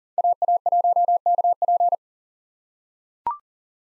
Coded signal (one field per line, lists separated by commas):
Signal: Morse code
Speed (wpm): 37 wpm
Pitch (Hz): 700 Hz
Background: none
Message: AA1KP